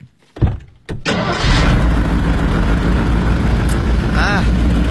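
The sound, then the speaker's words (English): The engine of a fairly new car with a sprung crankshaft cranks with a couple of sharp bursts, then catches and settles into a loud, steady, rumbling run with a rough low-pitched throb. “Well, the crankshaft is sprung. How could you tell by listening?”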